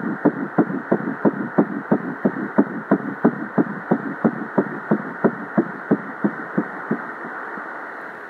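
Rapid, regular whooshing pulses near 180 a minute over a steady hiss: the heartbeat of a fetus at 8 weeks of pregnancy.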